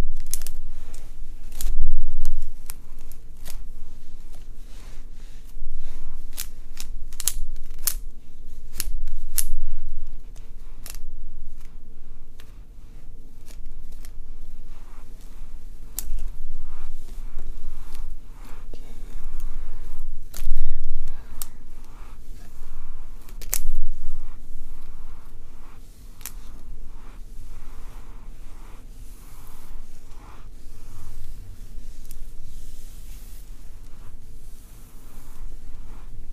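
Scalp oiling and hair work, heard as a run of crisp, sharp clicks and snips scattered irregularly through the clip, denser in the first half. Between them runs a soft, continuous scratchy rustle, with a low steady hum underneath throughout.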